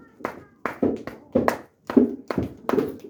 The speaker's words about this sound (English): Now watch the way I clap my hands. I don't do it like this. As your hand is gonna hurt. So you do your hand like this, everybody do your hand like this, and then clap here.